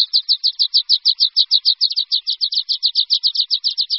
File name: Linduška-horská